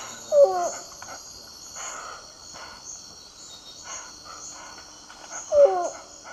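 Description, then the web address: Zigzag heron song: a short, low, wavering hooted note, given twice about five seconds apart, against steady high insect buzzing. Song, eastern lowlands of South America. "Natures Songs S America Eastern Lowlands. Zebrilus undulatus, song"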